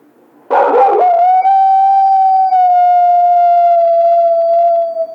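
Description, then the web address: Coyote howl: a rough, bark-like onset leads into one long, steady, slightly falling tone held for over four seconds. Recorded 16 March 2010. "Coyote 2010 03 16 howl"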